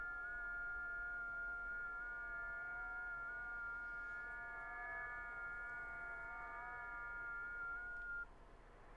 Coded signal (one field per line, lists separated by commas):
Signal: FT8